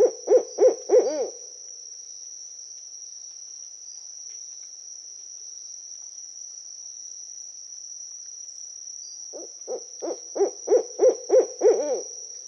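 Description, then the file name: Owl hooting in two quick bursts of low hollow notes, one at the start and one near the end, separated by quiet, with a constant high-pitched tone throughout. "zvuki sovy"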